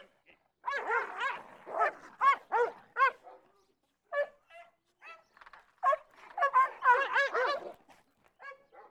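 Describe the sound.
Fighting dogs trade loud, rasping barks and snarls in quick clusters, a brief lull of scattered yips, then a dense flurry of overlapping growling barks.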